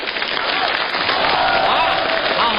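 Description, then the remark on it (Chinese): The audience at a crosstalk (xiangsheng) performance on Beijing Happy Time (2018) bursts into steady, dense applause that fills the whole stretch, many hands clapping at once in a continuous, even roar with a few faint voices mixed in. “那么在这里呢，我祝愿今天我们爷仨站在舞台上说相声的时候，第一个鼓掌的朋友，09年发财100万。”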